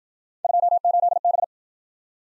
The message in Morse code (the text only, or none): 28B